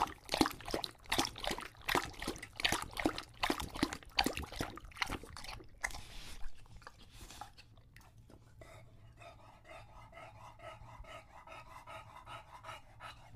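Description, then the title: English Bulldog lapping water in fast rhythmic splashes, then stopping for wheezy, snuffling panting. English Bulldog drinking water from a bowl after a long walk, heavy breathing between drinks, out of breath from the walk and from drinking so long. "English Bulldog Drinks from Water Bowl - Weird Sounds"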